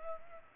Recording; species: mosquito wingbeat signal from an infrared sensor; Culex pipiens